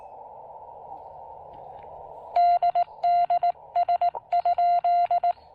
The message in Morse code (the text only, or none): DDS?